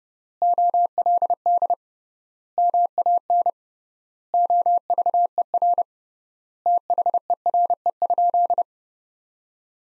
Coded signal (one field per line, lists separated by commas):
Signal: Morse code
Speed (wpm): 30 wpm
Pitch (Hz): 700 Hz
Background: none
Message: OLD MAN OVER THERE?